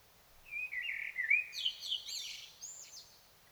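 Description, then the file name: Common blackbird's short mellow warble quickly gives way to a dense, high, scratchy twittering flourish. "Turdus merula"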